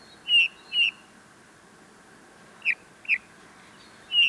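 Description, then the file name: Eurasian bullfinch calls: brief piping whistles, a pair, then two quick notes and one more, with gaps between them, over a low constant hiss. "Pyrrhula pyrrhula"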